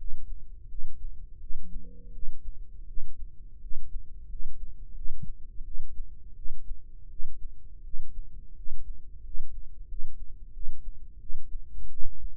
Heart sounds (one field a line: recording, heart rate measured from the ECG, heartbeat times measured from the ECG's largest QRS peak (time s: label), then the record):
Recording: heart sounds by microphone in the right ear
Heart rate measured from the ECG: 86 bpm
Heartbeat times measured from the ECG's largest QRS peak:
0.66 s: heartbeat
1.38 s: heartbeat
2.11 s: heartbeat
2.85 s: heartbeat
3.59 s: heartbeat
4.27 s: heartbeat
4.93 s: heartbeat
5.62 s: heartbeat
6.34 s: heartbeat
7.08 s: heartbeat
7.82 s: heartbeat
8.54 s: heartbeat
9.22 s: heartbeat
9.86 s: heartbeat
10.51 s: heartbeat
11.18 s: heartbeat
11.88 s: heartbeat
From the record:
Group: healthy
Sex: female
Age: 19 years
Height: 163 cm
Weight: 51 kg